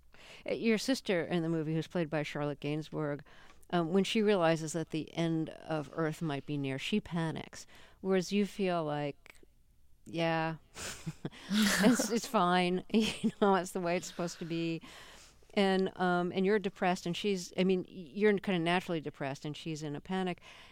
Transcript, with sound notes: Your sister in the movie, who's played by Charlotte Gainsbourg, when she realizes that the end of the Earth might be near, she panics, whereas you feel like, yeah...
(SOUNDBITE OF LAUGHTER)
...it's fine. You know, that's the way it's supposed to be. And you're depressed and she's - I mean, you're kind of naturally depressed, and she's in a panic.